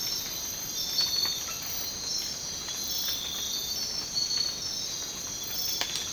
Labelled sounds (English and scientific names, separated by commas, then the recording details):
none
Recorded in dense forest near Puerto Asís, Putumayo, Colombia, on 19 March 2025 at 03:30
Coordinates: 0.500, -76.322
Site GP06